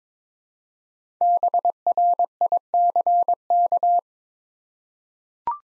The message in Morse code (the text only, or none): BRICK